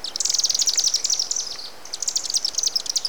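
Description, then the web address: Chimney swift chattering, a rapid run of high, thin twittering chips that pauses briefly midway and then resumes. "Mitchell Lake. Chimney Swift"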